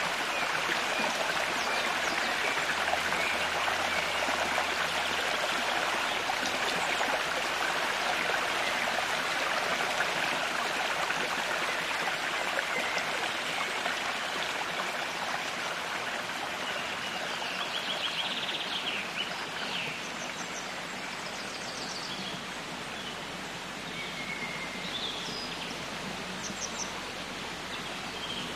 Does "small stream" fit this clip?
yes